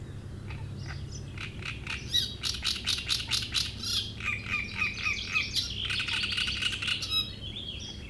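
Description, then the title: Great reed warbler song, coarse croaking and chattering notes repeated about four times a second, steady and insistent throughout. Shrill song in a reed bed at Chatillon beach, Chindrieux, France; a migrant from Africa that can sing day and night. "Roselière plage Chatillon, Chindrieux, France - Rousserole turdoïde"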